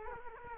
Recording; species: mosquito wingbeat signal from an infrared sensor; Culex quinquefasciatus